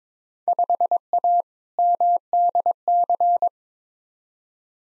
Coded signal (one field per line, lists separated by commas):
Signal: Morse code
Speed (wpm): 22 wpm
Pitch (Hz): 700 Hz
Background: none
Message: 5A MDC